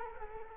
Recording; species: mosquito wingbeat signal from an infrared sensor; Culex quinquefasciatus